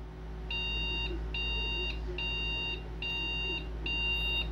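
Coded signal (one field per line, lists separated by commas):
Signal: beep code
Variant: PC motherboard POST beeps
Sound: five evenly spaced high electronic beeps, each about half a second, from a PC speaker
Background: low hum, small room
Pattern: 5 short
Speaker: mesmo assim galera cinco bips beleza missãozinha para vocês agora era quatro agora é cinco bips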